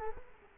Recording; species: mosquito wingbeat signal from an infrared sensor; Culex quinquefasciatus